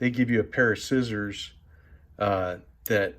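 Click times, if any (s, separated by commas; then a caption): none. Someone talks while handling the small folding scissors on a metal Gerber Suspension NXT multi-tool, which are meant to lock open into the handle with a snap. Only speech is heard. The scissors have not snapped into place yet and nothing has seated.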